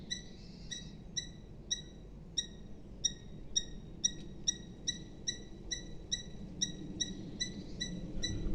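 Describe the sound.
Eurasian hobby giving a long, steady series of clear, ringing kew notes over low background noise.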